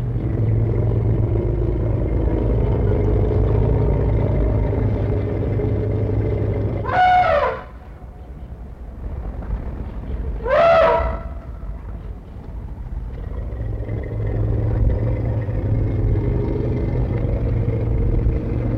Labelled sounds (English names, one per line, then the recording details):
Asian Elephant
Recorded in captivity
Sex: group
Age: adult
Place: Zoo Berlin, Berlin, DE
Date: 1960-11-16 15:00
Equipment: Minifon, Kopie Smaragd
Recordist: Tembrock, Günter
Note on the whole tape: Kuh "Jenny" ca. 50 Jahre alt: helle Laute (Inspiration), auch Grollen, Bulle "Mampe" trompetet, "Jenny" auch, dunkler und heiser klingend; dann allgemeine Erregung: Trompeten 7 Tiere, 3 Afrikaner dabei, Abstand 6 m